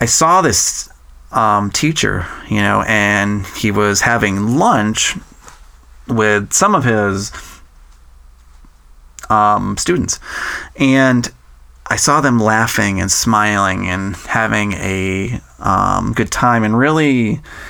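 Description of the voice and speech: Adult male who has stuttered since age 3 and still does, telling a story with drawn-out sounds, 'um' fillers and long silent pauses, with stuttering blocks and prolongations.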